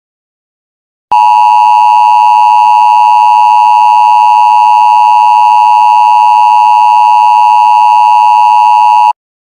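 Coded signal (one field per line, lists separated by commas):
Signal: Emergency Alert System (SAME) tones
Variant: 853 and 960 Hz attention tone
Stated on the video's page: Fake chemical hazard warning made for fun; never happened.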